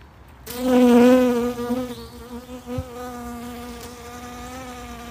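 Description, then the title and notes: Honey bee wing buzz, a loud droning hum with rich overtones that swells in the first second, then holds steady and softer for the rest. Gathering nectar and pollen at the bottom of a southern magnolia bloom in a front yard; first described as a bumblebee, corrected to honey bee. "That was the sound of a bumblebee (actually, a honey bee ) gathering nectar off of a magnolia bloom in my front yard."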